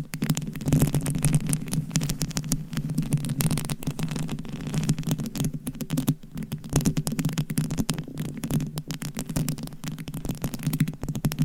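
Scratching and tapping on a microphone cover, with a dense, continuous low rumble running throughout. Rapid clicks and scrapes crowd the whole recording, irregular and constant, with a few sharper taps standing out. The sound stays muffled.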